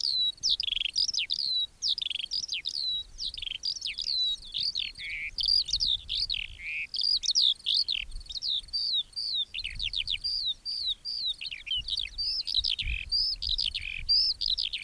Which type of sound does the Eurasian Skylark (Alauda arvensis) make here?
song